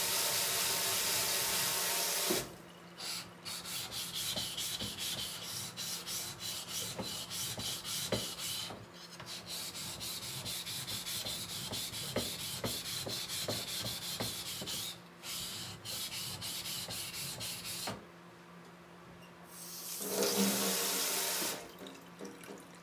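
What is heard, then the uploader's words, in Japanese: A knife is sharpened on a stone in quick, regular rasping strokes over a steady low hum, with brief breaks near 9, 15 and 18 seconds. A loud rushing hiss fills the opening two seconds and swells again around 20 seconds. 煮物と包丁研ぎ。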